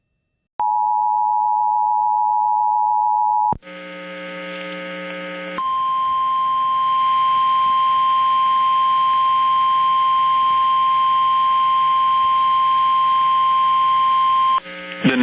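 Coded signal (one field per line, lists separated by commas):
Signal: Emergency Alert System (SAME) tones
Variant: 853 and 960 Hz attention tone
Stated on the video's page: Emergency Alert System alerts.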